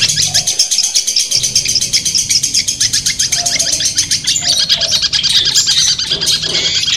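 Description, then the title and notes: Long-tailed shrike song: quick, rhythmic chattering notes in a steady run, with scattered lower whistled notes mixed in and a soft background drone. Competition song of long-tailed shrikes, used as a tutor recording to build the mental steadiness of kept birds. "Suara Lomba untuk Terapi Mental Cendet. Masteran Burung Cendet"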